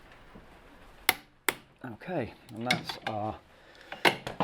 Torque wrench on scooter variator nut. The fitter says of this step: And we're just going to tighten that until we hear it click.